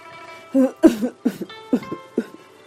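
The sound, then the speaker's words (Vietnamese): Two dry, throaty coughs come in quick uneven bursts, moderately loud, with a brief pause between them and no talking, as Mộ Đồ Tô coughs and wakes up. “Mộ Đồ Tô ho khan hai tiếng tỉnh lại.”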